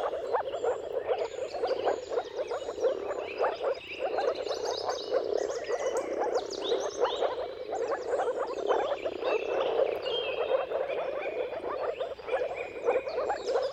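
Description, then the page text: Moor frog: a large chorus of moor frogs gives a steady, muffled bubbling sound of overlapping calls, with a dawn mix of bird songs ringing above. Mating calls of a moor frog chorus recorded at sunrise, at the turn of March and April, timing depending on the weather. "Jakub-Orzecki moor frogs. Dawn’s Chorus: Mating Calls of Marsh Frogs at Sunrise. Depending on the weather at the turn of March and April, you can witness an amazing spectacle of moor frogs"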